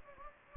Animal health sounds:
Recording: mosquito wingbeat signal from an infrared sensor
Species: Anopheles gambiae

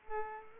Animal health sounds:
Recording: mosquito wingbeat signal from an infrared sensor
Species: Aedes aegypti

